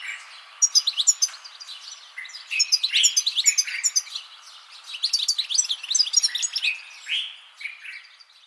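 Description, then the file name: European goldfinch song, a lively twitter of high tinkling notes mixed with lower notes, in several close-spaced phrases. "Carduelis carduelis"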